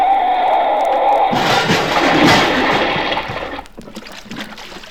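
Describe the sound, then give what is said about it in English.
A steady mechanical hum gives way at once to a loud, broad rush of splashing water as a car with failing brakes crashes into a water trough at the edge of a town in the West, churning for about two seconds, then subsiding into trickling and dripping. “You're heading right for that water trough. I can't stop, Ollie.”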